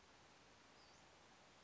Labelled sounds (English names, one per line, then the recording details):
Western Flycatcher
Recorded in Sonoma County, California